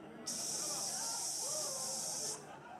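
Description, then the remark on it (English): A stage steam machine lets out a loud, steady spray of hiss that starts abruptly, holds for about two seconds, then cuts off, with faint voices murmuring underneath. “It's hot in here. More steam.”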